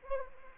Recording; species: mosquito wingbeat signal from an infrared sensor; Anopheles arabiensis